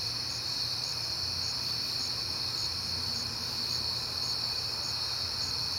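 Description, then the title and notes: Crickets chirping, a steady high ringing with evenly spaced pulses layered on top, and a quiet low drone beneath. Crickets at night in September, on a peaceful night. "Night Time: Crickets and Passing Cars. It is September and I have been hearing the crickets a lot, but finally had a peaceful night to make the recording"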